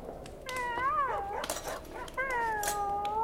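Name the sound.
dog howling and whimpering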